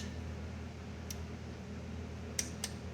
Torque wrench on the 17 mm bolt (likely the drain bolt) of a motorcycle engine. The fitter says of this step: we go see that click that's